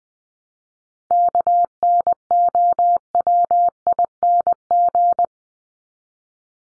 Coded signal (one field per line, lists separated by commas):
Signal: Morse code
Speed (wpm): 20 wpm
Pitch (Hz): 700 Hz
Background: none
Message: KNOWING